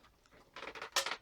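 A vacuum body is pushed further upright into its upright lock, with soft handling noise and a louder clatter around 0.6 s before a second, smaller click at 0.97 s. That second click is the real lock, and the body latches in place, seated.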